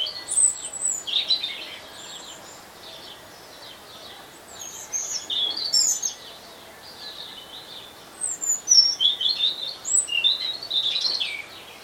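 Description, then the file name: European robin song, clear high trills and liquid warbles delivered in separate phrases with quiet gaps of a second or two. "Erithacus rubecula"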